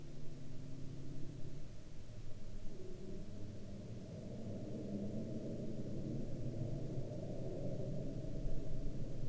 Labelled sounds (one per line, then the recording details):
man-made sound
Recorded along the Dempster Highway, Canada, on 28 March 2019 at 07:02
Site 22